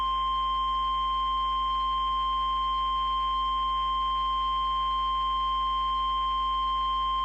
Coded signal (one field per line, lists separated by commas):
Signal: Emergency Alert System (SAME) tones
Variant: 1050 Hz attention tone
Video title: EAS Semi-Mock 1: Winter weather advisory in my area but a lil exaggerated